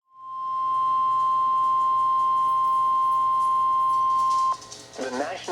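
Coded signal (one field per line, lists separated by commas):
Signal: Emergency Alert System (SAME) tones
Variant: 1050 Hz attention tone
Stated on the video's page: Severe thunderstorm warning on NOAA weather radio station KEC55.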